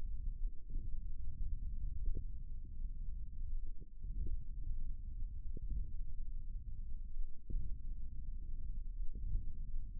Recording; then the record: forearm muscle sounds (acoustic myography)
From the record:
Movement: index flexion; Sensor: system 1, eight BSWA MPA416 microphones around the upper forearm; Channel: 8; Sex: male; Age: 54 years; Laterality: right